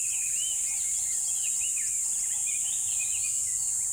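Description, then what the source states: Birds chirping briefly in quick overlapping arcs and twitters, backed by steady hiss and a soft repeated low hum. Birds chirping in a river bed at dawn, with chirping increasing.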